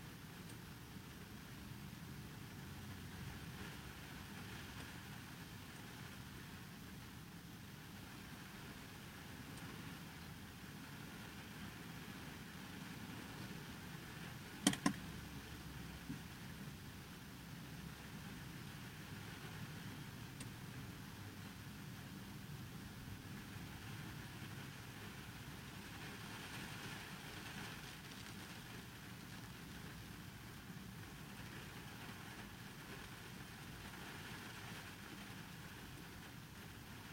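Rain on a car with nobody inside: a steady, dense wash of rainfall over a low, constant rumble, close to an idling engine. The level barely changes for the whole stretch. A single sharp click or tap breaks through near the fifteen-second mark.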